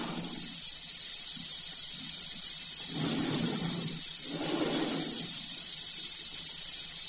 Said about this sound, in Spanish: A través del cristal de la cápsula y del de su casco se ve la cara tensa de Dave, cuya respiración se amplifica por los transmisores.